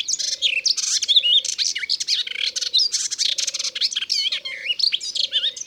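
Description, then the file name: Melodious warbler song: a fast, chattering stream of varied high twittering and slurred notes, with a low droning note repeating about once a second beneath. Recorded in Ardèche. "Hypolais-Polyglotte Ardeche"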